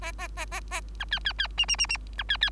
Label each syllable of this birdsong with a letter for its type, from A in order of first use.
A A A A A B C C C D D D D B C C